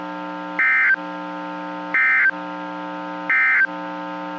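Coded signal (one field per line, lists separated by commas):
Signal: Emergency Alert System (SAME) tones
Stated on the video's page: NOAA Weather Radio stations in Fort Worth and Waco, Texas.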